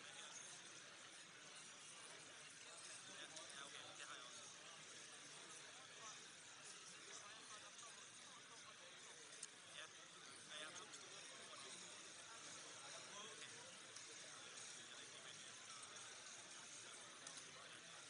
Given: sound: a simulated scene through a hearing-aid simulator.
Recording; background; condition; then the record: conversation; cafeteria; -6 dB SNR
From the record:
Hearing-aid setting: anchor resembling a broken hearing aid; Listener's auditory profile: A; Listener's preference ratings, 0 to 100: 1, 0, 0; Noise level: 65 dB SPL